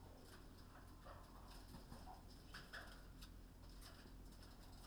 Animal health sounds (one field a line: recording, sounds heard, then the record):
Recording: poultry house recording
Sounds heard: healthy chickens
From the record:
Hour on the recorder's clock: 19